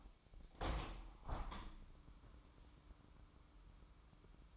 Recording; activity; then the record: daily activity, microphone in the room; open window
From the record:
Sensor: 1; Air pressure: 998.0 hPa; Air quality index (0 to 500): 120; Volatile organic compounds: 3 ppm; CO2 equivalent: 1422 ppm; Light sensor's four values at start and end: 17/57/23/24 and 17/57/23/23